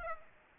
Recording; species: mosquito wingbeat signal from an infrared sensor; Aedes aegypti